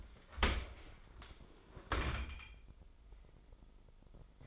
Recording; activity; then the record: daily activity, microphone in the room; open dishwasher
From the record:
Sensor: 5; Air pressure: 995.9 hPa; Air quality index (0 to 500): 104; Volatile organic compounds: 7 ppm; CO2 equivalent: 2017 ppm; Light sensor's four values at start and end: 42/99/41/44 and 42/100/42/44